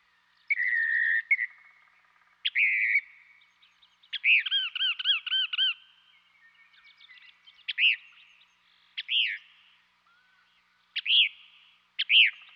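Northern Mockingbird song with shifting phrases: whistled notes, a rapid looping trill, then separate rising-falling whistles spaced a second or two apart.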